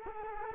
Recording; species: mosquito wingbeat signal from an infrared sensor; Culex quinquefasciatus